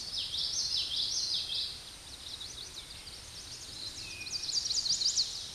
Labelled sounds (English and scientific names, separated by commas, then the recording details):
Chestnut-sided Warbler (Setophaga pensylvanica) song
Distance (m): 70 m
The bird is about 20 m above the microphone
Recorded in a Pennsylvania forest on 16 May 2024 at 09:38
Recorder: AudioMoth, point MSD-2320
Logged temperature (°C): 12.8 °C
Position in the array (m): 150 m, 168 m